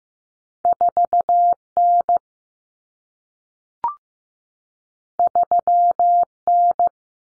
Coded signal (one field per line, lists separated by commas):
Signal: Morse code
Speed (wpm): 15 wpm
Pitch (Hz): 700 Hz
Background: none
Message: 4N 3N